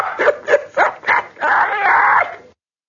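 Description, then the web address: Capuchin monkey calling in four clipped harmonic barks, then breaking into a long harsh, noisy scream lasting about a second before stopping. "kapuchin"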